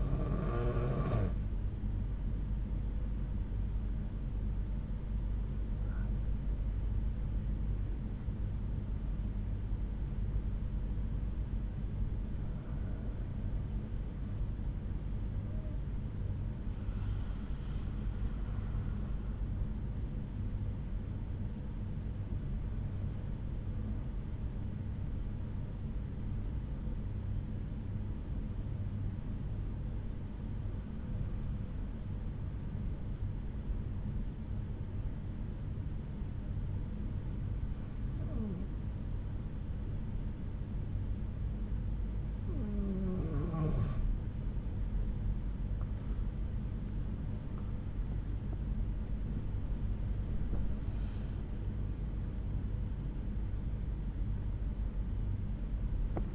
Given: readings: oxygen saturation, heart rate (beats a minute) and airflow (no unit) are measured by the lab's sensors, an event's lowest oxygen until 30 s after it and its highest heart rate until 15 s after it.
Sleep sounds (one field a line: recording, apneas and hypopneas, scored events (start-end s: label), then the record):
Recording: breathing in sleep by a smartphone at the bedside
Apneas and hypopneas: 1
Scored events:
17.00-45.50 s: hypopnea (N2, oxygen 96% highest, then 92% lowest)
From the record:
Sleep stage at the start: N2 (light sleep)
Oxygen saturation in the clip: 89 to 96%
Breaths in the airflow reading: 9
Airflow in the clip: -11.1 to 12.5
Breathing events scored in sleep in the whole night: 368 in 8.0 hours asleep